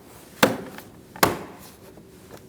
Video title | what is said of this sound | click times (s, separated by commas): How to Replace Serpentine Belt 2008-2014 Mercedes-Benz C300 | snap into place. | 0.4 s, 1.2 s